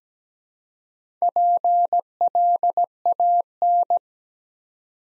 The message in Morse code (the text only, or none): PLAN